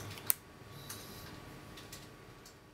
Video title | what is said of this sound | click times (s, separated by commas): Troubleshooting The Mirocam Capsule Endoscopy System From SynMed | insert the connector making sure that the grooves line up and a click sound is heard | 0.3 s